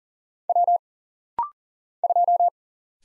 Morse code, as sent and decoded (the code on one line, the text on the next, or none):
.-- / ..---
W 2